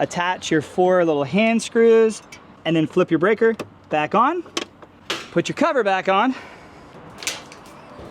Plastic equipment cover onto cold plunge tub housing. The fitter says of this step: make sure it's snapped in place